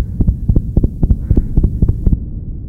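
Deep paired lub-dub thumps repeat very quickly and evenly, around ten beats in under three seconds. That is a racing heartbeat well above a resting pace.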